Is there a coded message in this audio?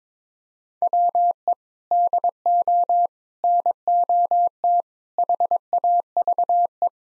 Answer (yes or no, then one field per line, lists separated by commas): yes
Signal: Morse code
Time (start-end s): 0.8-6.9 s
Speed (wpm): 22 wpm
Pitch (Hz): 700 Hz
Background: none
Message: WE DO NOT HAVE